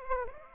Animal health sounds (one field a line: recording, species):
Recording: mosquito wingbeat signal from an infrared sensor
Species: Aedes aegypti